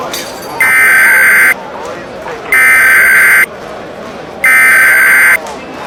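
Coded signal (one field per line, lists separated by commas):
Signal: Emergency Alert System (SAME) tones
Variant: header bursts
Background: speech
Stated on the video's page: Simulated EAS scenario, a fictional alert.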